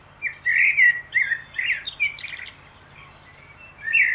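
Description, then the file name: Common blackbird song: a mellow, fluty warble that breaks into scratchy high twittering, then a fresh fluty note starts near the end. "Turdus merula"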